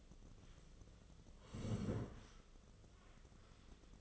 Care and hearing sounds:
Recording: daily activity, microphone in the room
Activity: sit down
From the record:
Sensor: 4

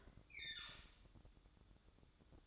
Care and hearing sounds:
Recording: daily activity, microphone in the room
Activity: open fridge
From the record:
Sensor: 3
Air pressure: 1007.7 hPa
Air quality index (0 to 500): 77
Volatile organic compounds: 1 ppm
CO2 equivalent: 662 ppm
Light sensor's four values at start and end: 12/28/12/12 and 12/28/12/12

